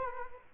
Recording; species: mosquito wingbeat signal from an infrared sensor; Culex quinquefasciatus